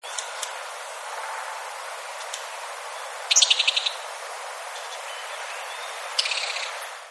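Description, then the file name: Blue-and-white flycatcher song, two brief bright bursts of rapid high chirping notes a few seconds apart, separated by steady hiss. "oruri"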